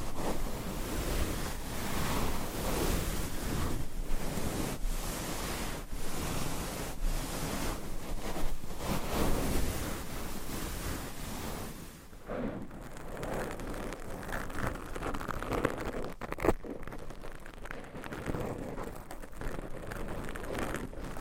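Dense microphone scratching, layered into a constant rough, rushing texture much like surf or wind. Quick repeated strokes fill the first twelve seconds with bright, loud streaks; after that it turns duller and a little quieter, with a sharp click near sixteen seconds.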